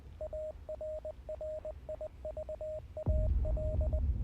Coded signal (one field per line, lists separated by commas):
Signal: Morse code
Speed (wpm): 20 wpm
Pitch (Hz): 620 Hz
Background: none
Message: ARRIVAL